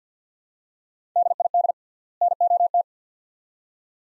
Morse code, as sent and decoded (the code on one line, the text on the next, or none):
-.. .. -.. / -. --- -
DID NOT